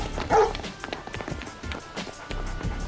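A dog dashes off with a quick, steady patter of running steps, letting out one short, loud bark near the start before the scrambling footfalls carry on.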